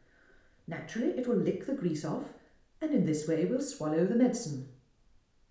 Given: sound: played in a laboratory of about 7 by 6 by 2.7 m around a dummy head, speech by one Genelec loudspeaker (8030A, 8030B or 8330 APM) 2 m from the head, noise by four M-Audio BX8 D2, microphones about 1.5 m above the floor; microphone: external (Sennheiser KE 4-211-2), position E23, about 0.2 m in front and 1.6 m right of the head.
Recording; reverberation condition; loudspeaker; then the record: female speech in English; medium; 120 degrees to the right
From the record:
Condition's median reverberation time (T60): about 510 ms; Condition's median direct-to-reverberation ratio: about -0.5 dB